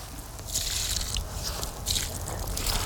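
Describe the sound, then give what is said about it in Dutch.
Water splashes and trickles out of a vase, from which old sunflowers were taken, onto orange and yellow marigolds on a fresh grave in a cemetery in Ukraine, in a few uneven, hissing bursts, a steady wet pour that swells and fades with no one speaking. “De zonnebloemen pakt ze uit de vaas en het water gebruikt ze om de oranje en gele Afrikaantjes op het graf water te geven.”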